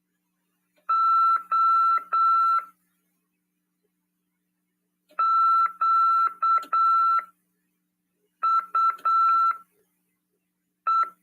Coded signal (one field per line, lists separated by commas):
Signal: Morse code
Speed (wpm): 8 wpm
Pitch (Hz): 1340 Hz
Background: none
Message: O QUE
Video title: RADIOAMADOR "AULA 47 CW" 27/8/2022 "SETEMBRO CURSOS: CW, COM. RODADA e LEGISL." PY2EXU PAULO SP/SP.